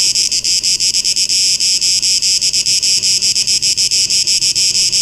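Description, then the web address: Shrill cicada drone, continuous and high, beating with quick regular pulses about five or six times each second. Recorded 12 August 2023. "rauschpartikel 2023-08-12 Zikaden"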